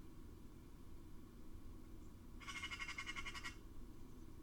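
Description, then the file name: Eurasian magpie uttering a single dry, rapid rattling chatter lasting about a second, set against constant low-pitched background hum. "Pica pica"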